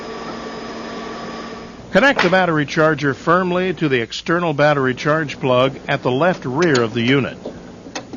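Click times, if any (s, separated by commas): none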